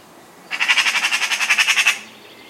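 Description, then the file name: Eurasian magpie rattling chatter, a long harsh string of roughly fifteen quick grating pulses lasting about a second and a half. "Pica pica"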